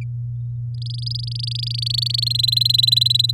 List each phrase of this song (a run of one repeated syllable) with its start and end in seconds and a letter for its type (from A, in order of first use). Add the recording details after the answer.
0.74-2.24 A, 2.26-3.31 B. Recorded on 11 May 2018 at 08:27. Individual llb16